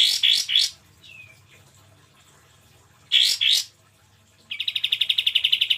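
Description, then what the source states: Cream-vented bulbul song: loud bright chirps, a soft down-slurred whistle, more chirps, then a fast even trill of rapid repeated notes to the end. Masteran training recording for teaching songbirds; local name kapas tembak, described as mewah.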